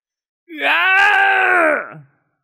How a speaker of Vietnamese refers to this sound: Miệng của hắn thét lên một tiếng thống khổ, hai bên mí mắt kéo đến tận mang tai, máu thịt cũng bắt đầu toát ra, lộ ra những kẽ nứt nhìn vào mà giật cả mình.